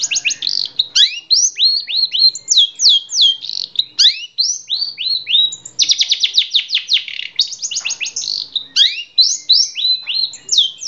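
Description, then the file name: Long-tailed shrike singing a fast, varied medley of high downslurred and upswept whistles and bursts of rapid repeated notes, nearly continuous throughout. Song in combination variations. "kombinasi cendet variasi"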